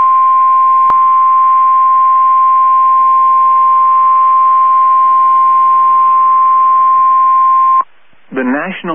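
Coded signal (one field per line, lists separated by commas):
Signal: Emergency Alert System (SAME) tones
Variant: 1050 Hz attention tone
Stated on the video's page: Severe Thunderstorm Warning EAS tones from a NOAA Weather Radio station in Amarillo, Texas.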